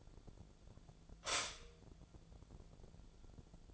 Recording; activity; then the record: daily activity, microphone in the room; stop toaster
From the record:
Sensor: 5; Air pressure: 1000.3 hPa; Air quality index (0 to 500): 133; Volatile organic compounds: 2 ppm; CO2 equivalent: 1048 ppm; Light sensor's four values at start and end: 71/166/70/74 and 69/162/68/72